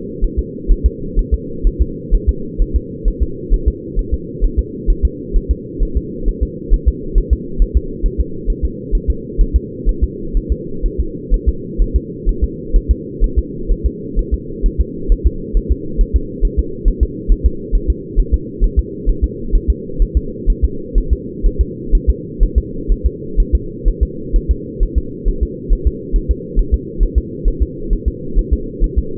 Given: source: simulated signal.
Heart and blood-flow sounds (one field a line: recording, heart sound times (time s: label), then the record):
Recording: fetal heart sounds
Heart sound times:
0.24 s: S1
0.39 s: S2
0.71 s: S1
0.86 s: S2
1.19 s: S1
1.34 s: S2
1.67 s: S1
1.81 s: S2
2.14 s: S1
2.29 s: S2
2.62 s: S1
2.76 s: S2
3.08 s: S1
3.23 s: S2
3.54 s: S1
3.68 s: S2
3.99 s: S1
4.14 s: S2
4.44 s: S1
4.59 s: S2
4.90 s: S1
5.05 s: S2
5.36 s: S1
5.51 s: S2
5.83 s: S1
5.97 s: S2
6.28 s: S1
6.43 s: S2
6.74 s: S1
6.88 s: S2
7.18 s: S1
7.33 s: S2
7.62 s: S1
7.77 s: S2
8.06 s: S1
8.20 s: S2
8.50 s: S1
8.65 s: S2
8.95 s: S1
9.10 s: S2
9.41 s: S1
9.56 s: S2
9.89 s: S1
10.03 s: S2
10.37 s: S1
10.52 s: S2
10.86 s: S1
11.00 s: S2
11.34 s: S1
11.48 s: S2
11.82 s: S1
11.96 s: S2
12.29 s: S1
12.44 s: S2
12.76 s: S1
12.91 s: S2
13.24 s: S1
13.38 s: S2
13.72 s: S1
13.86 s: S2
14.19 s: S1
14.34 s: S2
14.66 s: S1
14.81 s: S2
15.12 s: S1
15.27 s: S2
15.57 s: S1
15.72 s: S2
16.01 s: S1
16.16 s: S2
16.45 s: S1
16.59 s: S2
16.88 s: S1
17.03 s: S2
17.32 s: S1
17.46 s: S2
17.75 s: S1
17.90 s: S2
18.19 s: S1
18.34 s: S2
18.64 s: S1
18.79 s: S2
19.09 s: S1
19.24 s: S2
19.55 s: S1
19.70 s: S2
20.02 s: S1
20.17 s: S2
20.50 s: S1
20.64 s: S2
20.98 s: S1
21.13 s: S2
21.46 s: S1
21.61 s: S2
21.95 s: S1
22.09 s: S2
22.43 s: S1
22.58 s: S2
22.92 s: S1
23.06 s: S2
23.40 s: S1
23.55 s: S2
23.88 s: S1
24.03 s: S2
24.36 s: S1
24.51 s: S2
24.83 s: S1
24.98 s: S2
25.28 s: S1
25.43 s: S2
25.73 s: S1
25.87 s: S2
26.16 s: S1
26.31 s: S2
26.59 s: S1
26.74 s: S2
27.03 s: S1
27.18 s: S2
27.48 s: S1
27.62 s: S2
27.93 s: S1
28.08 s: S2
28.39 s: S1
28.53 s: S2
28.84 s: S1
28.98 s: S2
From the record:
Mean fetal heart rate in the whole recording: 130 bpm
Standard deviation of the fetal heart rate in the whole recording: 4 bpm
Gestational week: 38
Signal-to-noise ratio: -4.3 dB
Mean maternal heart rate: 72 bpm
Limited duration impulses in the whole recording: absent